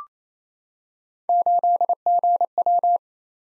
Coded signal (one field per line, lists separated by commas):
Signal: Morse code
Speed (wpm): 29 wpm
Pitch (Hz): 700 Hz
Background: none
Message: 8GW